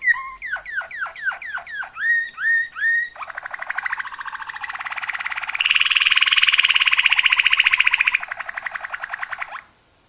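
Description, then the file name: Waterslager canary singing a run of downslurred whistles and hooked notes, followed by a long rapid buzzing trill that swells, then fades and ends. Song variations of a Waterslager canary. "kenari waterslager variasi omkicau"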